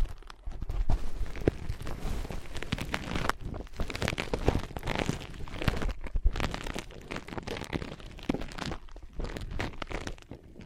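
Ear pads are tapped, scratched and traced in dense, irregular bursts of crunchy rustling, with brief quieter gaps near one and six seconds.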